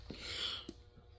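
The swivel seat lock on a mobility scooter is handled as the seat is turned back toward its position, giving a soft knock at 0.1 s, a steady rubbing hiss, and another brief tap around 0.7 s. The clip ends before the seat goes home, so nothing has locked into place yet.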